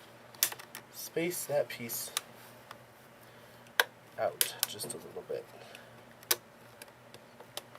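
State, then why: Not seated. Someone talks while handling a replacement plastic HEPA filter adapter cap (rear motor cover) for a Dyson V6 stick vacuum motor housing, easing it out slightly before it is pressed onto the vacuum body. Short plastic taps and clatters are heard, with sharp hits around 0.4 s, 3.8 s and 6.3 s. Nothing has seated or clicked into place yet.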